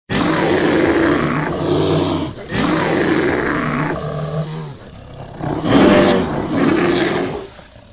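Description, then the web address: Bear growling: long, rough, throaty roars with deep harmonics, several sustained bursts with brief breaks between them. Furious bear, growling angrily. "som de um urso furioso rosnando"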